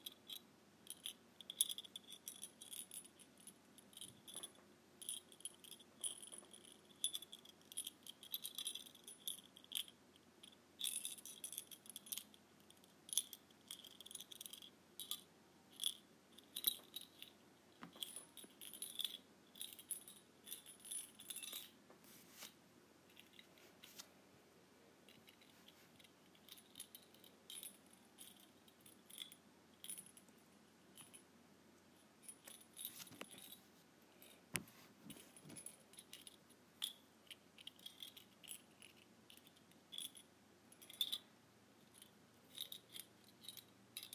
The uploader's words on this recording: ASMR Tiny Bell.